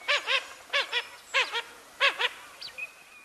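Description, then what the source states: Blue-winged Teal calls: short harmonic quacking notes given in quick pairs about every 0.6 seconds, then fainter higher notes at the end. Pairs form during winter and migrate together in spring to a nesting area, often where the female was born.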